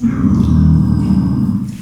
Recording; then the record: squeal of a Yucatan mini pig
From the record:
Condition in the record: after surgery on the right vocal fold (resection and tissue-engineered implant); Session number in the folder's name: 13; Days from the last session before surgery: 113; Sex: female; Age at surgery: 19 weeks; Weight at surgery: 25 kg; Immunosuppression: prednisolone